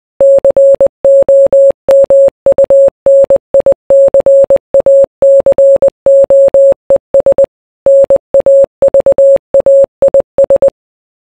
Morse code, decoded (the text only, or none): COMUNICACOES NAVAIS